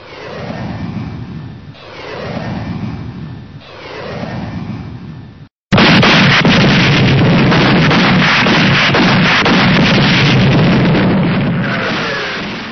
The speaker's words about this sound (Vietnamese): Họ vừa tới gần cái cống, bỗng nhiên bầu trời như bị xé toang ra. Bầy phản lực Mỹ xộc tới. Tiếng đạn cao xạ nổ rất đanh.